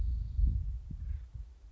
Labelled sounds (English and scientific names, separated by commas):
Acorn Woodpecker (Melanerpes formicivorus)